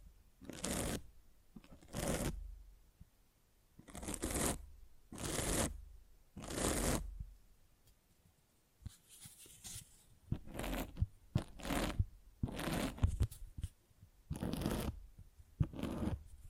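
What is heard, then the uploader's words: A microphone being scratched in repeated bursts, each a rough, papery scrape lasting about half a second to a second. The strokes come in an uneven rhythm, roughly one or two per second, with brief silences between, and grow quicker and more clustered after the midpoint. ASMR Fall Asleep to Mic Scratching 1 Hour No Talking.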